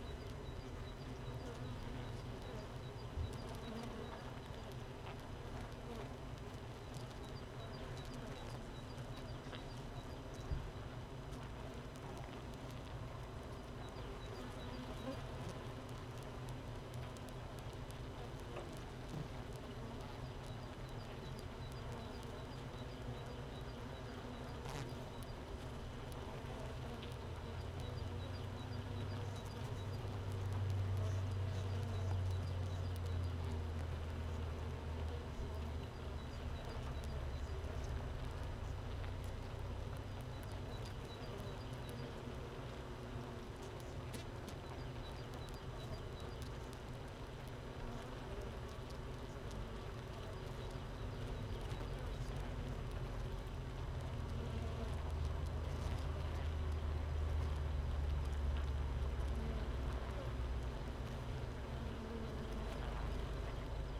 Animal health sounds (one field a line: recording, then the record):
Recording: honeybee colony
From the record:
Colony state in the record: missing queen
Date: 31 May 2018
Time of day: 15:48